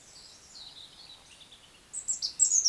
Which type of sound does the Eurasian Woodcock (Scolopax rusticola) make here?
whistle, croak